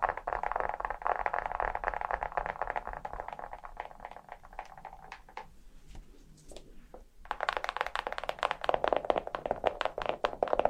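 Fingernails tapping rapidly on a hard surface, a dense, brisk clatter of small clicks. The tapping thins and softens around the middle, nearly stopping near seven seconds, then resumes sharper and louder to the end.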